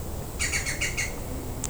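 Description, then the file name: European green woodpecker call: a short series of five quick, ringing notes, then silence, with a soft low rumble of background noise throughout. "Gruenspecht"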